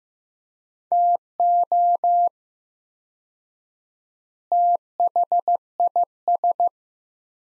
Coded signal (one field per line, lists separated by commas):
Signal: Morse code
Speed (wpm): 15 wpm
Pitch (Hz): 700 Hz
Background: none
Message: TO THIS